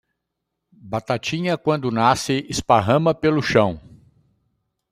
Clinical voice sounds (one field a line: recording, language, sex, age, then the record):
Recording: short text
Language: Brazilian Portuguese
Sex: male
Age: 60 to 69 years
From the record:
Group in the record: control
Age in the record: 65 years